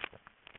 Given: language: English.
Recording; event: throat vibration sensor signal played as sound; swallow